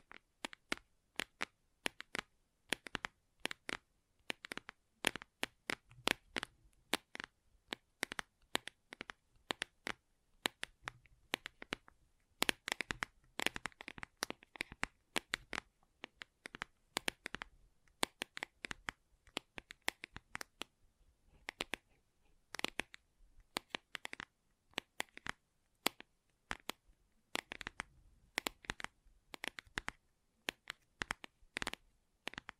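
Gentle tapping in quick, irregular bursts fills the 33 seconds, each tap a sharp, crisp click with silence between. The taps cluster densely at times, especially around 12 to 16 seconds and near 28 seconds, with a light scratchy, shuffling texture.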